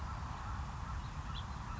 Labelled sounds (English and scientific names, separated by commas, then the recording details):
House Finch (Haemorhous mexicanus)
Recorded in Sonoma County, California